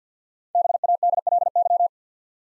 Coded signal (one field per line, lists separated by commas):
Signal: Morse code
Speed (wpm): 48 wpm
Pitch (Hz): 700 Hz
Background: none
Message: BADLY